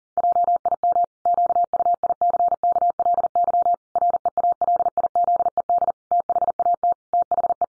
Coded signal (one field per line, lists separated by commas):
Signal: Morse code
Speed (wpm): 40 wpm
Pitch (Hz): 700 Hz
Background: none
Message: JIM QUICKLY REALIZED THAT THE